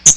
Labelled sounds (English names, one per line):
Hooded Warbler flight call